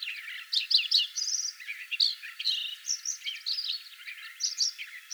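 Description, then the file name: Lincoln's sparrow giving a steady stream of high, rapid, bubbly warbles and short trills without a clear pause. "Lincolns Sparrow singing"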